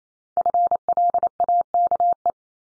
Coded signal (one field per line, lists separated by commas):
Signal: Morse code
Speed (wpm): 28 wpm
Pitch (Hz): 700 Hz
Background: none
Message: FLAKE